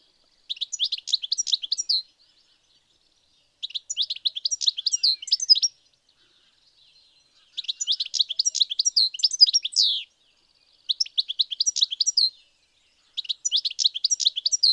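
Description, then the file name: European goldfinch giving five short bursts of bright, tinkling twitters and buzzy chirps, separated by short gaps, with no other sounds. "Carduelis carduelis"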